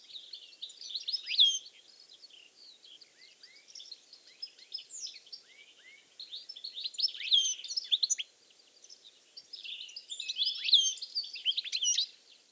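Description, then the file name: European goldfinch twittering in clustered bursts of bright high notes and short liquid tinkles, pausing briefly between flurries, over faint background noise. "Carduelis carduelis"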